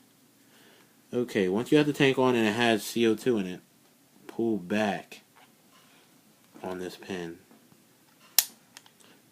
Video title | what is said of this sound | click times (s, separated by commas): Piranha SRT Assembly | You hear it click. | 8.4 s